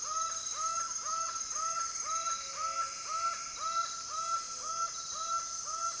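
Laughing falcon calls: clear, evenly spaced hollow notes that rise then fall, roughly two each second, with a continuous high insect whine in the background.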